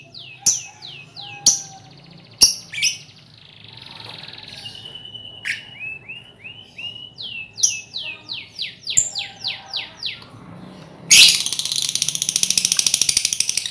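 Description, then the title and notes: Lovebird chatter: rapid trains of curved squeaky notes and sharp chips, ending in a long harsh, buzzy rattling burst. Lovebird ngekek song, used as a lure song (kicau pancingan). "Master Kicau Lovebird ngekek, kicau pancingan"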